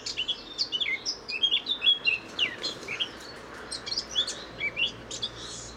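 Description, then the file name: Eurasian blackcap delivering a rambling warble of thin whistles and chirps. "Sylvia atricapilla"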